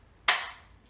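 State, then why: Seated. The pedal on the bare-floor tool of a Bissell Hercules slim commercial vacuum is pushed down, shifting the plastic base plate to its hard-bristle position. One sharp, bright click lands at 0.3 s and rings down over about a quarter second, followed by a faint high tick at 0.9 s. The pedal clicks into place and the base plate is seated.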